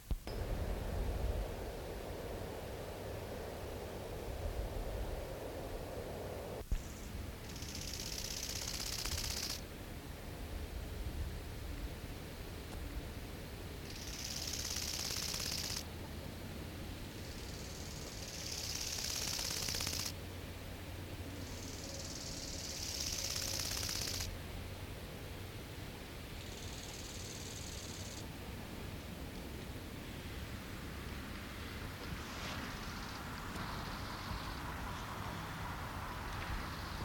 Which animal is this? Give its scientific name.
Chorthippus biguttulus